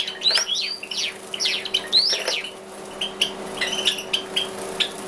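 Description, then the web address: Java sparrow calls, a few sharp chips and metallic tweets, then softer scattered chirps, with a faint steady hum behind. "risovye amadiny. padda oryzivora"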